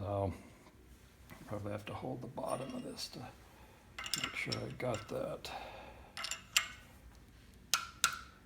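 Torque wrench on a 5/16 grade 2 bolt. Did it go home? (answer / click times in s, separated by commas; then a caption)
yes / 7.7 s, 8.0 s. Someone talks while a click-type torque wrench tightens a plated 5/16 grade 2 steel bolt to about 10 lb-ft, with the bottom of the bolt held. A few short taps come just after 6 seconds, then the wrench gives two sharp clicks at 7.7 s and 8.0 s as it reaches its setting. The clicks are fairly quiet because the torque setting is low.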